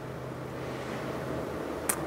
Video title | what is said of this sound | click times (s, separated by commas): INSTALLING a VRP FLEX FUEL kit on the WHIPPLE CL55. Let there be POPCORN!! | and you're just going to slide that in until it clicks | 1.9 s